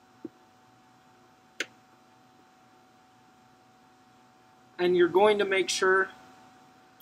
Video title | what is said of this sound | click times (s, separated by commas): Structure Elucidation with Thermo OMNIC - Acquiring and Plotting an Infrared Spectrum | that click will indicate to you that it is all the way pressed down | 1.6 s